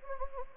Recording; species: mosquito wingbeat signal from an infrared sensor; Anopheles gambiae